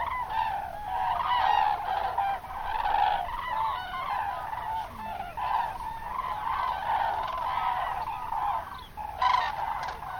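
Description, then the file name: Common cranes calling as a flock, many loud trumpeting, rolling calls overlapping continuously throughout, with a brief louder burst near the end. "grus grus"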